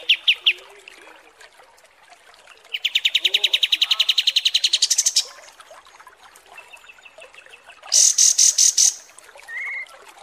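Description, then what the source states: Kapas tembak song: a few chirps, a long fast run of repeated notes, then high buzzy pulses and a short whistle. Masteran (song-training) recording of kapas tembak song, described as mewah.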